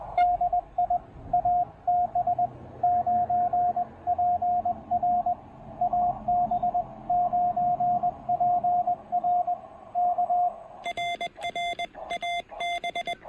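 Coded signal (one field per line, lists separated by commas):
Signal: Morse code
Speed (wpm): 20 wpm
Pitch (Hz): 700 Hz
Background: radio noise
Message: DI AB9PR AB9PR K RR AB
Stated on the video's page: CW park activation on 20 meters using a TEN-TEC R4020 QRP transceiver and a PackTenna 20M end-fed half-wave antenna.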